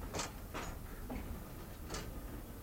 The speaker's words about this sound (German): Und nun geht die Schranke runter. Sie versperrt uns den Weg.